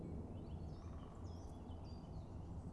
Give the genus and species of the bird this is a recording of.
Dendrocopos major